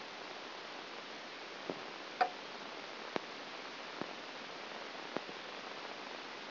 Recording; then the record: brain microelectrode recording played as sound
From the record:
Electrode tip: outside the subthalamic nucleus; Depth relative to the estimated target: -8 mm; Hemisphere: left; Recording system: AlphaMap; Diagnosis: Parkinson's disease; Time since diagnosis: 9 years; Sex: male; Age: 68 years